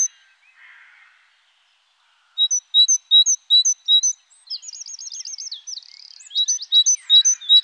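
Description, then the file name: Great tit: a run of even, repeated two-note phrases, followed by faster buzzy notes and further chirps. "Mésange-charbonnière"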